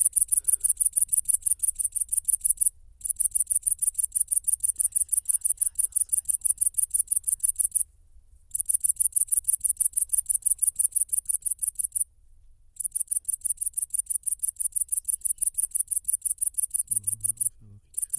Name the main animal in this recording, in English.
Great Green Bush-cricket